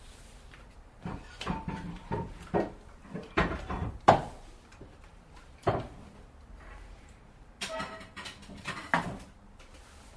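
Dishes being washed: irregular clinks and clatters of plates and utensils, with a sharp ringing knock around four seconds and a busy cluster of clanks near the end. Quiet pauses fall between bursts, with faint running-water hiss underneath.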